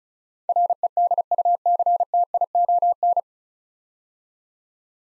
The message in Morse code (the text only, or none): REDUCTION